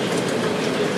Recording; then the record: background sound without coughing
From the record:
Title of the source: Office Sounds Ambience - Background Noise for Study and Work